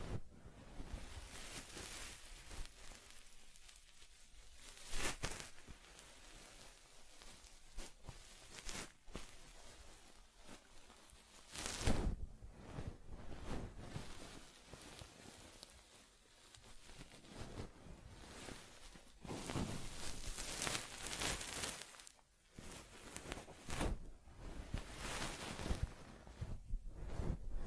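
A teddy's fur is combed with a continuous, dense scratching and rustling texture of brushing strokes. Sharper, louder swipes stand out around 5, 12, 20 and 24 seconds, with brief quieter dips in between.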